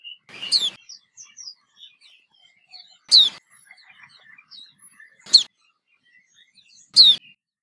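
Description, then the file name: White-eye giving a few loud, high, downslurred notes every few seconds, with softer twittering chirps between them. Female. "suara pleci betina omkicau"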